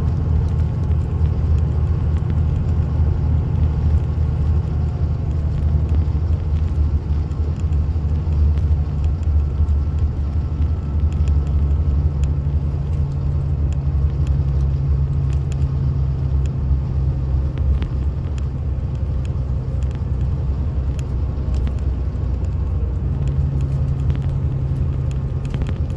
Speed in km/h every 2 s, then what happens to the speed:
105, 105, 101, 100, 97, 95, 92, 90, 89, 85, 81, 77, 76.
0-26 slows to 76.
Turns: none.